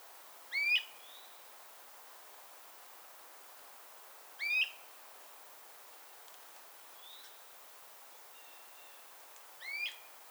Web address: Song Great Crested Flycatcher Myiarchus crinitus. 2023 08 26 great-crested-flycatcher